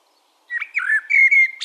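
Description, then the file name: Common blackbird giving a brief fluted phrase of sliding whistled notes, ending in a short high squeaky flourish. "Turdus merula"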